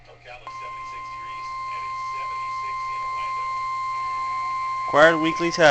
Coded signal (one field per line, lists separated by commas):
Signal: Emergency Alert System (SAME) tones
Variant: 1050 Hz attention tone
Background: speech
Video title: RWT on severe weather day! | EAS test from 6/21/2023